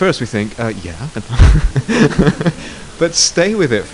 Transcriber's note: laughter